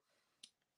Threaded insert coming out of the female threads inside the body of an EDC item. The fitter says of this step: because it clicked over out of the threads, right?